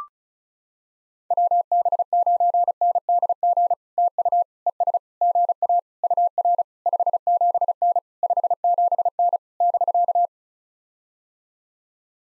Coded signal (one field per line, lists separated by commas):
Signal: Morse code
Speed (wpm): 36 wpm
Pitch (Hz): 700 Hz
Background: none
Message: WB9NDG TU ES GA UR 57N 57N <BK>